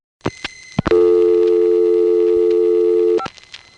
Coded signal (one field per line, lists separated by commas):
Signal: telephone call progress tone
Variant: North America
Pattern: dial tone